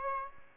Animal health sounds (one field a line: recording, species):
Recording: mosquito wingbeat signal from an infrared sensor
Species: Aedes albopictus